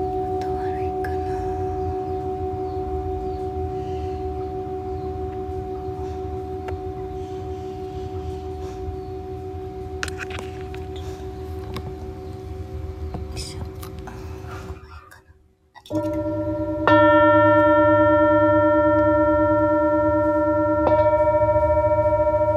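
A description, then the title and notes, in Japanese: A Tibetan singing bowl rings with a steady, sustained hum of layered tones for about fifteen seconds, then falls silent briefly. Around sixteen seconds a new, brighter and louder bowl tone begins, struck again near seventeen and twenty-one seconds, with a few soft knocks underneath. メキシコからチベタンシンギングボウルのサウンドヒーリングライブ。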